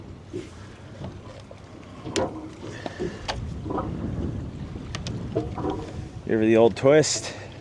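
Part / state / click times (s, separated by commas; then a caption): trolling motor locking into its bow mount / not seated / none. A trolling motor on the twist-lock bow mount of a Cobia 285 CC boat is handled as someone talks and gives it a twist, with several brief sharp knocks and handling sounds heard. The part has not locked into the mount, and nothing has seated or clicked yet by the end.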